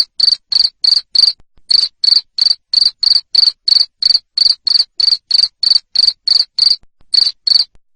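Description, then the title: Cricket chirping loudly in a steady train of short, bright pulses, about three per second, with brief gaps now and then; nothing else audible. Loud cricket chirping used to stimulate lovebirds to sing continuously. "Suara JANGKRIK NGERIK Keras Bikin LOVEBIRD Jadi NGEKEK Terus Vubey"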